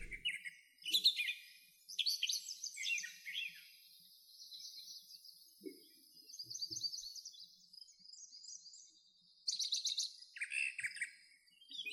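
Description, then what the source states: Brown Thrasher song, a varied series of rich, high warbled phrases with short pauses between bursts. Mockingbird-like song that really carries; the thrasher doubles its phrases where a mockingbird triples them.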